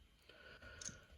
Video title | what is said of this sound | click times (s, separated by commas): Studio Series Rise of the Beasts Arcee Review | You can go ahead and push the head back and it will click in. | 0.8 s, 0.9 s